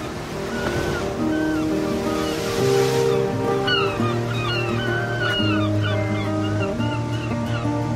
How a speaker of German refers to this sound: Ich gehe jetzt mal ganz nah ans Wasser, damit du auch was von dem Klang hast.